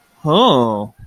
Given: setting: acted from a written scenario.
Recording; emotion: vocal sound without words; romantic love